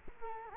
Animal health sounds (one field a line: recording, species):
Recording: mosquito wingbeat signal from an infrared sensor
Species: Culex quinquefasciatus